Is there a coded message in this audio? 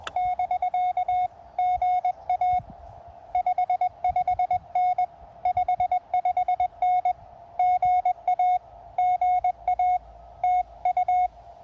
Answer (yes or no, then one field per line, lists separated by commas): yes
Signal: Morse code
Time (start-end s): 0.2-11.3 s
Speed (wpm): 21 wpm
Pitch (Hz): 710 Hz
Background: radio noise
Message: <BK> GA 55N 55N GA GA TU